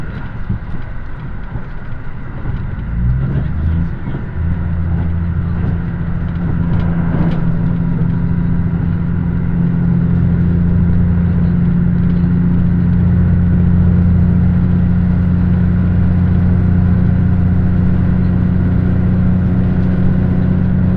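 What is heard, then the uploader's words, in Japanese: Aboard a diesel express train, a deep steady engine drone builds after a few seconds, with rail clatter and one brief clank. 関西本線 桑名→名古屋特急南紀6号（キハ85）。やはり特別急行らしい重厚さと貫禄がエンジン音から伝わってきます。とはいえこの日の編成は２両！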